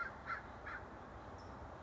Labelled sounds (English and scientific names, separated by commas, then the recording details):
American Crow (Corvus brachyrhynchos)
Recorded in Sonoma County, California